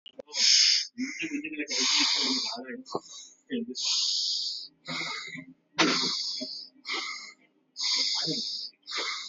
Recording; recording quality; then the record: deep breathing; excellent, no background noise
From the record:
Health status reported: healthy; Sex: male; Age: 38 years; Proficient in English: yes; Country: India